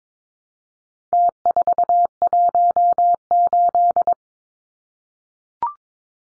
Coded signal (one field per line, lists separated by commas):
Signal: Morse code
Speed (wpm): 22 wpm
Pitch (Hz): 700 Hz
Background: none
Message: T418